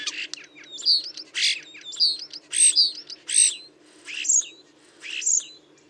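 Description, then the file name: Common starling voice: loud squeaky, grating notes with sharp whistled squeals, delivered in uneven bursts. "Storno"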